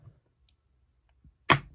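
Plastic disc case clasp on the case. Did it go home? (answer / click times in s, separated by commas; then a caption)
released / 1.5 s. A plastic Blu-ray case, freshly unwrapped from its shrink wrap, is opened by hand. A faint tick sounds at 0.5 s. The case's plastic clasp releases with a sharp, bright snap at 1.5 s, and the case comes open.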